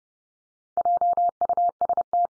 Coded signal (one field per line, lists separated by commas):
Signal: Morse code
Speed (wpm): 30 wpm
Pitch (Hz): 700 Hz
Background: none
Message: JUST